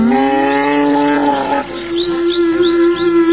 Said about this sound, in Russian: «Куда?» — закричал капитан, пугая корову удочкой. Не разевая своей мокрой и жующей бегемотской пасти, корова заревела.